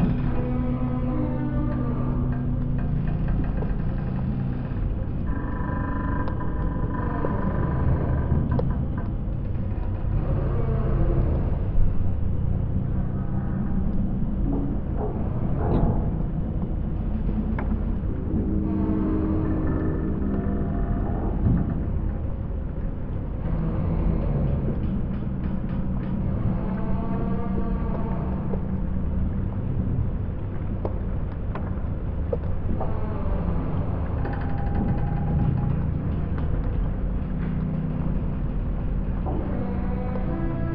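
Floating pontoons beside the Sydney Opera House groan and rumble continuously, low and dense, with shifting tonal creaks and squeals rising and fading.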